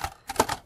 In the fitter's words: that locks into place